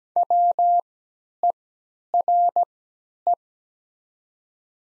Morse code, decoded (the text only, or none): WERE